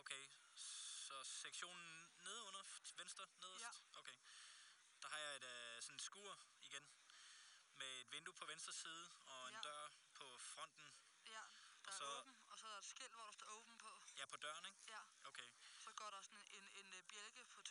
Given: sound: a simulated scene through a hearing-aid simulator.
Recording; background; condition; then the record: conversation; quiet; 65 dB SPL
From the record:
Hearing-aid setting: I (fast-acting compression, audibility-based gain); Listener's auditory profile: C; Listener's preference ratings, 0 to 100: 12, 9, 28